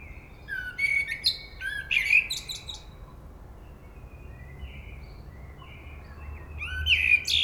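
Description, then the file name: Common blackbird singing a mellow whistled phrase capped by shrill twittering, then quieter soft warbles before another fluty phrase with a high squeaky finish. "Turdus merula"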